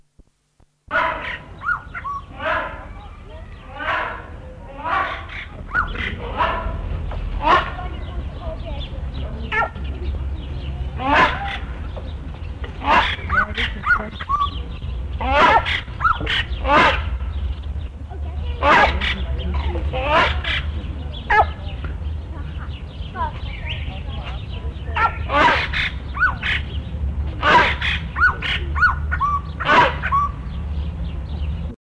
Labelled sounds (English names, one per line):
Rhinoceros Hornbill call
White-crested Laughingthrush
Great Argus